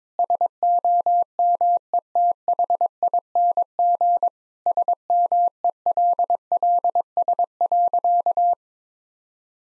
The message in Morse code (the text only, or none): SOMETHING SMELLS.